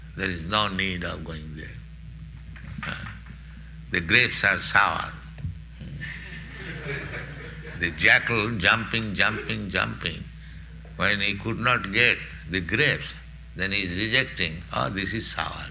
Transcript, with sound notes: There is no need of going there. The grapes are sour." [laughter] The jackal jumping, jumping, jumping. When he could not get the grapes, then he is rejecting, "Oh, this is sour.